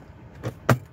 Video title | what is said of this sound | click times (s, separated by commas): Tata punch desi jugad l Tata पंच मध्ये लाईटचा देसी जुगाड | बघा हे प्रेस केलं की हे लॉक झालं आता नाही निघणार हे बघा आणि त्यामुळे | 0.7 s